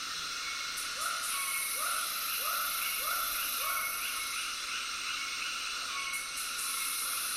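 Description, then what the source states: Frog calls: several hollow upswept notes in a quick series, then stopping, beneath a loud steady cicada drone. Tropical soundscape with cicadas and frogs.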